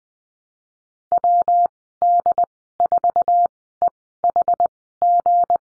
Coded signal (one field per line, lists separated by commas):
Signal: Morse code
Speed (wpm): 20 wpm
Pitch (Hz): 700 Hz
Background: none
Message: WD4EHG